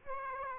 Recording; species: mosquito wingbeat signal from an infrared sensor; Aedes aegypti